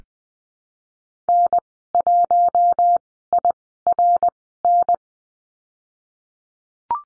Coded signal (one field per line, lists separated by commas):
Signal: Morse code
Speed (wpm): 20 wpm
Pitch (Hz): 700 Hz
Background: none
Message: N1IRN